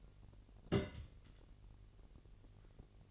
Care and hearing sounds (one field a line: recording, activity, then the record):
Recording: daily activity, microphone in the room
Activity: place on stove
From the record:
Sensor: 4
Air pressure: 1002.9 hPa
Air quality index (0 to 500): 239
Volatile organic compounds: 10 ppm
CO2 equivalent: 2245 ppm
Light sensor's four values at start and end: 7/15/6/6 and 7/15/6/6